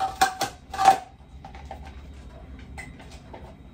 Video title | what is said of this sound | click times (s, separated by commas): VLOG - LIFE UPDATE - MY NEW FULL TIME JOB (PROS, CONS, AND BIGGEST ADJUSTMENTS) + WEEKEND CLEAN | filter out, and then it just clicks back in. | 0.2 s